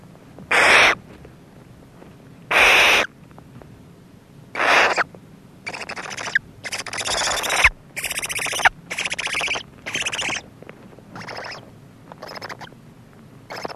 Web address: barn owl